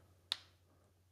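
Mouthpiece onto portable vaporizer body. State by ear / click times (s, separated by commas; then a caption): seated / 0.3 s. The mouthpiece is pushed back onto the Urbanleaf Mini portable vaporizer body after the herb chamber is loaded. One sharp snap is heard at 0.3 s over a low steady hum, and the mouthpiece is locked into place.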